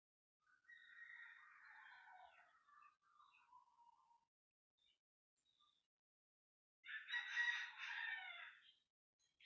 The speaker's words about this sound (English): Can you hear the rooster? Like clockwork.